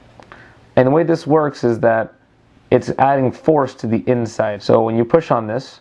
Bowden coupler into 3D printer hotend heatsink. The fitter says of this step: All you have to do is just press gently and let this pop into place.